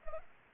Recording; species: mosquito wingbeat signal from an infrared sensor; Anopheles arabiensis